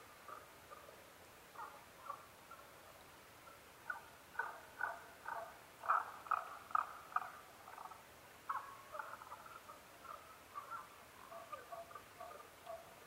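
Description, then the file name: Tago's brown frog calling: rapid series of short knocking notes, building to a dense burst midway and then tapering into scattered calls. Recorded 15 May 2011 at 02:19. "tagogaeru-20110515-0219"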